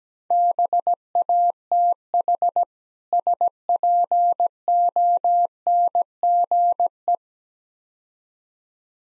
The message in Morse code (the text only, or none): BATH SPONGE